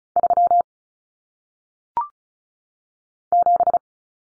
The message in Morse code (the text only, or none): 3 7